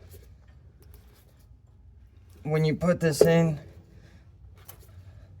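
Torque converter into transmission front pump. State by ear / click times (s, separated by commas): seated / 4.7 s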